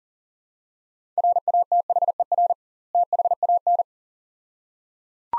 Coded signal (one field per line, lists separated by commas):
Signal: Morse code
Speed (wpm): 37 wpm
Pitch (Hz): 700 Hz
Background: none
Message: RATHER THAN